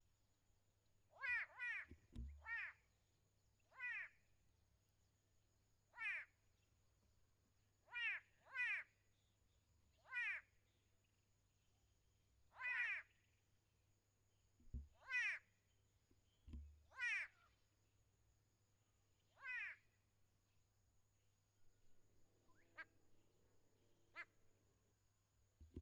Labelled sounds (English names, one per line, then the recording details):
White-bellied Go-away-bird
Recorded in northern Uganda